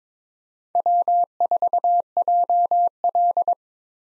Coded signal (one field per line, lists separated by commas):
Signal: Morse code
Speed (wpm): 22 wpm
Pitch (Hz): 700 Hz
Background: none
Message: W4JL